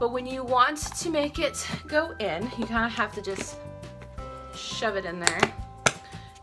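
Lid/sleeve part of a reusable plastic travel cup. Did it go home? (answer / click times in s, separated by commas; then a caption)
yes / 5.9 s. Someone talks over background music while shoving a part of a reusable plastic travel cup, its lid or heat-protector sleeve, into place. A single sharp snap at 5.9 s marks the part popping into place, seated.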